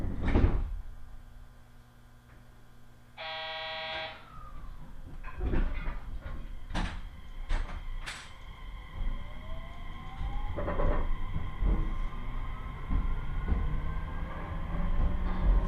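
A local train ride with a steady low rumble, a bright buzzer-like tone around three to four seconds, sharp clunks, and rising motor whines.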